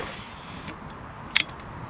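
A spring adjustment pin on the other side of a hammock stand frame is set, the same adjustment as on the first side, where the pin is pulled to switch between a sitting position and a proper hammock position. Over a quiet, steady background, a sharp click is heard at 1.4 s as the pin seats into place.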